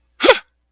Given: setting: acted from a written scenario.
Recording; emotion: vocal sound without words; negative surprise